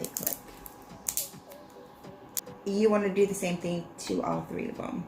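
Two plastic interlocking adhesive picture-hanging strips are pressed onto each other until their fasteners engage, giving sharp short clicks at 0.2, 0.3, 0.3, 1.1, 1.2 and 2.4 seconds. Someone then talks, and the strips are seated together.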